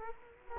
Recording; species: mosquito wingbeat signal from an infrared sensor; Culex quinquefasciatus